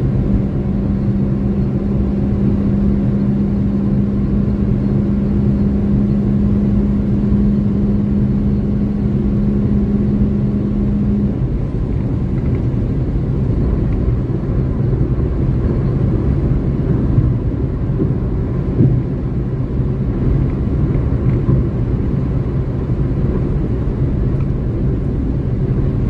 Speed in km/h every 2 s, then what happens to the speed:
155, 156, 158, 159, 159, 159, 159, 159, 158, 158, 158, 157, 157.
0-26 steady at about 158.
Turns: none.